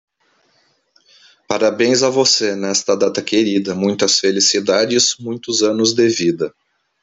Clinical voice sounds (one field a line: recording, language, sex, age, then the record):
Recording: short text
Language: Brazilian Portuguese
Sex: male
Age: 40 to 49 years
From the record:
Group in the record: control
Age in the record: 48 years